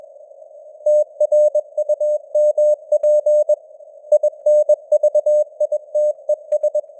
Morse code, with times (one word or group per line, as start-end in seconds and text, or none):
0.9-3.5 TRUMP
4.1-6.8 INVITES